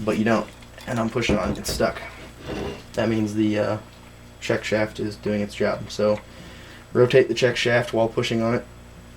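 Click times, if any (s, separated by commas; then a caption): none. A reverse-lockout plunger is pushed against the check shaft of a Subaru STi 6-speed manual transmission, where it is stuck because the check shaft is doing its job, and the shaft is then rotated while the plunger is pushed. Someone talks throughout, with no distinct mechanical sounds standing out. Nothing has seated or clicked yet.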